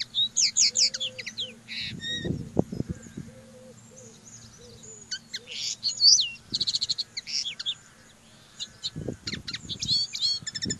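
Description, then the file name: Common linnet song: dense, scratchy twitters and fast trills in repeated bursts, with low noisy bursts and a steady hum beneath. "Canto do pintarroxo"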